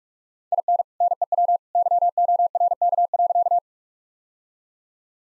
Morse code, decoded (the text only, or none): IN NEW YORK.